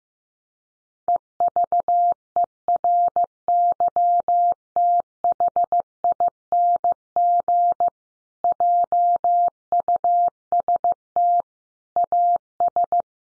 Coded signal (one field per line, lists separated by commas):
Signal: Morse code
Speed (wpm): 15 wpm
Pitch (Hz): 700 Hz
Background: none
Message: EVERYTHING JUST AS